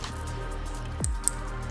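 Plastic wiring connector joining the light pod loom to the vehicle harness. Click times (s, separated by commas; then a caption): 1.0 s, 1.3 s. The two halves of a keyed plastic wiring plug joining a Predator x Lazer Lamps roof light pod loom to the vehicle harness on a 2023+ VW Amarok are pushed together over steady background music. Two sharp clicks are heard at 1.0 s and 1.3 s as the plug locks, and it is seated.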